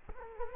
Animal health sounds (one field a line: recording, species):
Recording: mosquito wingbeat signal from an infrared sensor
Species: Culex quinquefasciatus